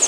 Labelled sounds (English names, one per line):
Pine Warbler flight call